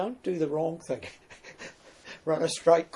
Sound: chuckle